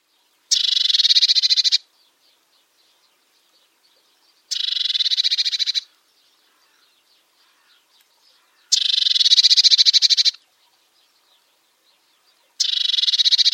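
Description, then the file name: Eurasian blue tit giving harsh, buzzy churring calls, each a rapid rattle of pulses lasting over a second, repeated four times roughly every four seconds, with quiet gaps between. "Cyanistes caeruleus"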